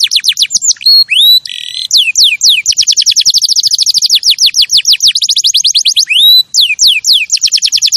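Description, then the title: Canary song of fast rolling trills broken by a brief buzzy phrase and rising whistles, chirps repeated several times a second. Champion canary song used as a master recording for training other birds. "Masteran Kenari Juara"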